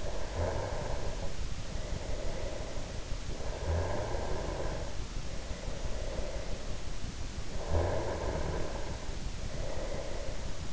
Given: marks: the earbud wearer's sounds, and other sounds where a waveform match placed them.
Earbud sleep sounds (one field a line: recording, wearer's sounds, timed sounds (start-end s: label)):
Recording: sounds in sleep by an in-ear microphone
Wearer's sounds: snoring breath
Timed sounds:
0.00-7.15 s: snoring breath
7.44-10.73 s: snoring breath